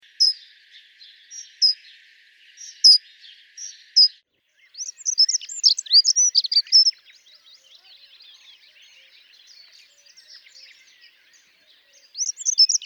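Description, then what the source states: Dunnock song: a fast, high, jingling warble after a few separate high chirps over a thin steady hum, then another phrase starting near the end. Often winters here; sings often in spring; shy and constantly moving; also called « traîne-buisson » locally.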